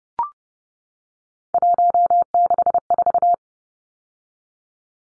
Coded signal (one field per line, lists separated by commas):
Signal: Morse code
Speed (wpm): 30 wpm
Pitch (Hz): 700 Hz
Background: none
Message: 164